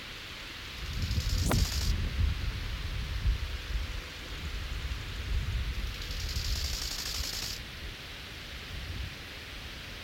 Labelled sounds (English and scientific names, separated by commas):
Bow-winged Grasshopper (Chorthippus biguttulus) stridulation